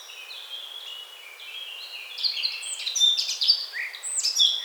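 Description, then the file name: Eurasian blackcap song, softer at first with drawn-out whistled notes, then a livelier and louder warble over faint background hiss. "Sylvia atricapilla"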